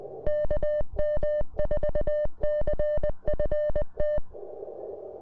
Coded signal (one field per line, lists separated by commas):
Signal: Morse code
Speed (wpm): 19 wpm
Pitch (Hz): 600 Hz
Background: music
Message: KM4CFT